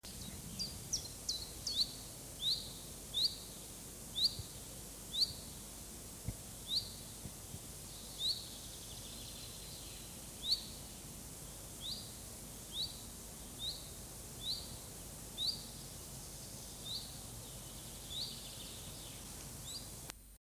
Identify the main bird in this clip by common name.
Common Chiffchaff